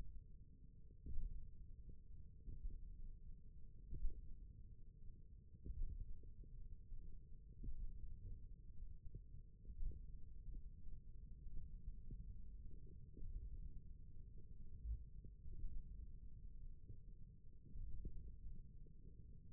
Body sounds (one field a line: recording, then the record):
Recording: forearm muscle sounds (acoustic myography)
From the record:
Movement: thumb flexion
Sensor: system 1, eight BSWA MPA416 microphones around the upper forearm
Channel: 1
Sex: male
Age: 28 years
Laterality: right